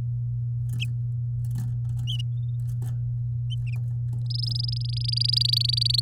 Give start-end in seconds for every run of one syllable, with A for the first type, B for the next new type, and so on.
4.26-6.00 A